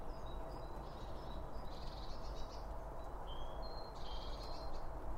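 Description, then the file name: Birds giving high chirps, brief whistled slurs and short buzzy trills against a steady low rumble. Birds around a bird feeder, recorded with two Line Audio OM1 microphones. "Birds Around Birdfeeding With Two Om 1 From Line Audio"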